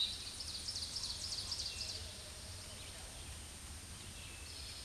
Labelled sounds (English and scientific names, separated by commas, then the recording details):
Ovenbird (Seiurus aurocapilla) song
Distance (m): 55 m
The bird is about 10 m above the microphone
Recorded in a Pennsylvania forest on 16 May 2024 at 06:47
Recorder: AudioMoth, point MSD-0665
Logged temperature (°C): 16.1 °C
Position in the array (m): 90 m, 38 m